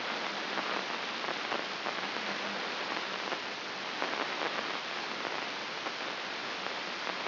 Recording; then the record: brain microelectrode recording played as sound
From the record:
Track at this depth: outside the subthalamic nucleus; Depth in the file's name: 5.419 mm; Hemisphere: left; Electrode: 2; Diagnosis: Parkinson's disease